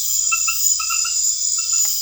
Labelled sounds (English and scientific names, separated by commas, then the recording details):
none
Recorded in pastures near Puerto Asís, Putumayo, Colombia, on 28 February 2025 at 21:30
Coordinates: 0.502, -76.324
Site GP07